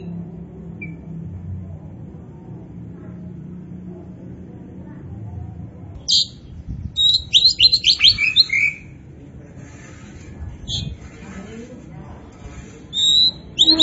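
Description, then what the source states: Oriental magpie-robin song: silence and low hum at first, then rapid chains of bright whistled and chattering notes, with further loud phrases toward the end. Kacer poci variety; gacor, an Indonesian term for a bird singing actively and continuously.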